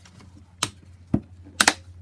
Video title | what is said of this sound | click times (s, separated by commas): Replacing Headlamp Bulbs | you hear the clicks you're | 0.6 s, 1.6 s